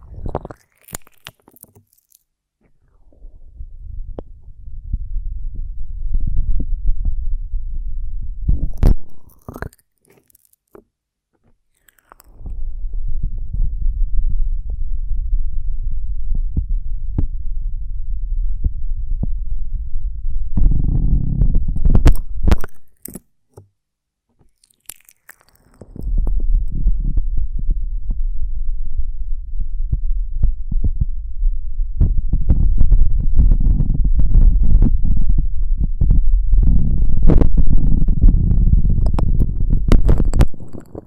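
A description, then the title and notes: A honeycomb on a branch is handled in ASMR style, giving long stretches of low, dense rumbling and thudding, broken by short silent pauses near 3, 10 and 24 seconds. Brief sharp clicks and taps mark the edges of each section, and the final stretch grows louder and fuller. ASMR of a Honeycomb on Branch (No Talking).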